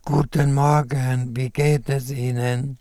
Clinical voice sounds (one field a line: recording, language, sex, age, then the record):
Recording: spoken sentence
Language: German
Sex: male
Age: 70 to 79 years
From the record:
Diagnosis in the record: recurrent laryngeal nerve paralysis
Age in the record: 76 years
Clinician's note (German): Links, unvollständige (hyperfunktionelle) Kompensation